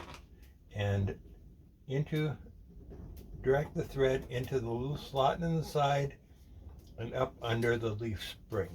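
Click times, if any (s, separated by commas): none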